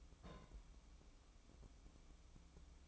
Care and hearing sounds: daily activity, microphone in the room; place on stove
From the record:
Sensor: 1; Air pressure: 1008.1 hPa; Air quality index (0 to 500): 128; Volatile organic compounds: 2 ppm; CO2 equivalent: 1081 ppm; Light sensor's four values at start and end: 8/19/7/8 and 8/19/7/8

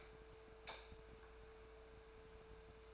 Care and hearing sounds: daily activity, microphone in the room; light off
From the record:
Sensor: 2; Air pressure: 1014.6 hPa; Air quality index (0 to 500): 185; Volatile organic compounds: 14 ppm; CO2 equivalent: 2443 ppm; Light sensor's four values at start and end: 27/71/30/32 and 19/46/19/21

